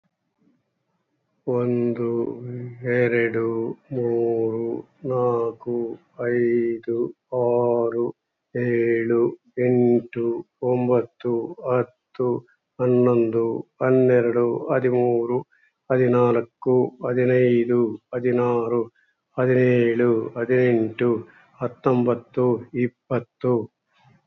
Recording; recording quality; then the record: counting at a normal pace; excellent, no background noise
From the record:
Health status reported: recovered from COVID-19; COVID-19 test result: negative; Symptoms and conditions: cough, fever, hypertension, diabetes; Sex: male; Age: 65 years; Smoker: not ticked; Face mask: not worn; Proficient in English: yes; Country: India